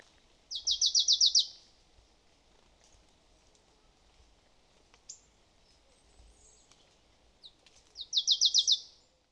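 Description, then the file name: Marsh tit: two fast bursts of sharp, high, repeated notes several seconds apart, with a few faint chips between. "Poecile palustris"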